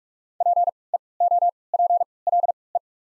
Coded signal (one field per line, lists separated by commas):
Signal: Morse code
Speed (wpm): 44 wpm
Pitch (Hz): 700 Hz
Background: none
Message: P E O P L E